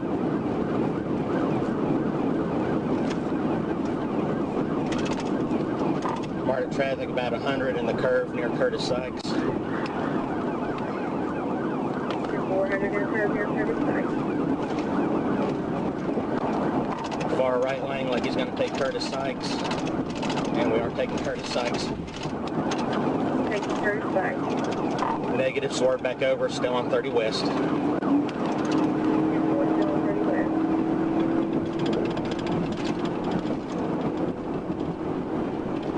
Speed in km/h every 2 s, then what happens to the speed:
171, 169, 166, 156, 145, 140, 140, 142, 143, 143, 145, 126, 121, 126, 137, 143, 156, 164.
0-9 slows to 140. 9-20 steady at about 142. 20-24 brakes to 121. 24-36 speeds up to 164.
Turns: none.